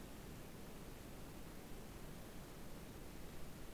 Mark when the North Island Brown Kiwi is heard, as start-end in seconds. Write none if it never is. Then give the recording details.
none. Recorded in New Zealand on 7 January 2015. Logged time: 23:58. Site BX23